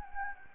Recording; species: mosquito wingbeat signal from an infrared sensor; Anopheles gambiae